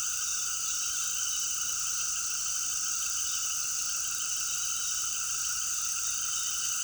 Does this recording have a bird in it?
no